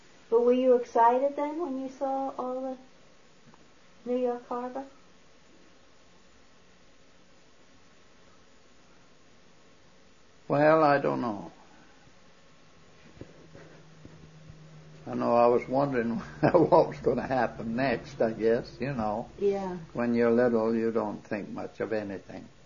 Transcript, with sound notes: Were you excited then when you saw all the New York Harbor?
( pause ) Well, I don't know. I know I was wondering what ( laughs ) was going to happen next, I guess, you know, when you're little you don't think much of anything.